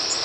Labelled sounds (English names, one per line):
Blackpoll Warbler flight call